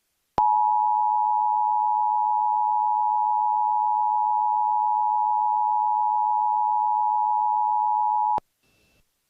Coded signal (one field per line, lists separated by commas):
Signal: Emergency Alert System (SAME) tones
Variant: 853 and 960 Hz attention tone